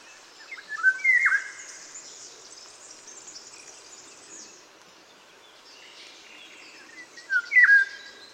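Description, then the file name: Eurasian golden oriole giving two short fluty, whistled phrases, one near the start and one near the end, with faint high bird calls in the background. "Sommargylling"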